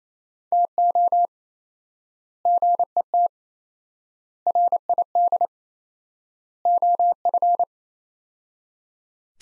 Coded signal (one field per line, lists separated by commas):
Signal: Morse code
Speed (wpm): 27 wpm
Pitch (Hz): 700 Hz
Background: none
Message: TO GET RID OF